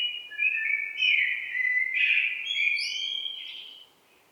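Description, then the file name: Common blackbird giving a continuous warbled phrase of overlapping fluty notes, mixed with higher chirpy embellishments, fading out after about four seconds. "Turdus merula"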